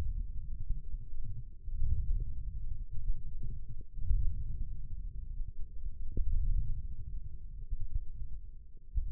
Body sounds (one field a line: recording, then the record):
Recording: forearm muscle sounds (acoustic myography)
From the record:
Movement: wrist flexion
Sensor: system 1, eight BSWA MPA416 microphones around the upper forearm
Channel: 2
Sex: male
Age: 20 years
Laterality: left